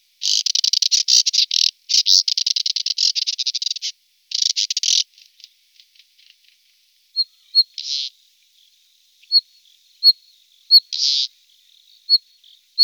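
Moussier's redstart song: dense, scratchy, rapidly pulsed phrases in three bursts over the first five seconds, then sparse thin high notes and short buzzy chirps.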